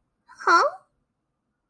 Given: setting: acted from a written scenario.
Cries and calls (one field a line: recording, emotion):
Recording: vocal sound without words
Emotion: confusion